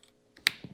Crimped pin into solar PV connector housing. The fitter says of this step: slide it until it clicks and tighten it down